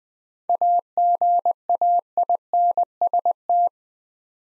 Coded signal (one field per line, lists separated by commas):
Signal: Morse code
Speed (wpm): 20 wpm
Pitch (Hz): 700 Hz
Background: none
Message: AGAINST